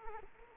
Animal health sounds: mosquito wingbeat signal from an infrared sensor; Anopheles arabiensis

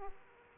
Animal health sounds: mosquito wingbeat signal from an infrared sensor; Aedes aegypti

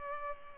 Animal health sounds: mosquito wingbeat signal from an infrared sensor; Culex pipiens

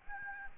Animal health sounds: mosquito wingbeat signal from an infrared sensor; Aedes albopictus

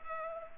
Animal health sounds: mosquito wingbeat signal from an infrared sensor; Culex pipiens

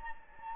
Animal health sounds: mosquito wingbeat signal from an infrared sensor; Anopheles gambiae

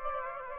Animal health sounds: mosquito wingbeat signal from an infrared sensor; Aedes aegypti

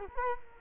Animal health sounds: mosquito wingbeat signal from an infrared sensor; Culex quinquefasciatus

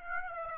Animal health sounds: mosquito wingbeat signal from an infrared sensor; Aedes aegypti

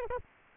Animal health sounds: mosquito wingbeat signal from an infrared sensor; Aedes aegypti

